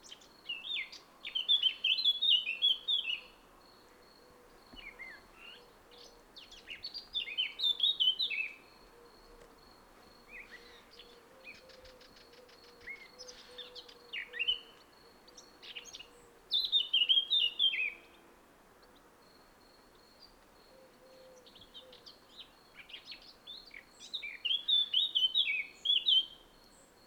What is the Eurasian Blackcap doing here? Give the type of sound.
song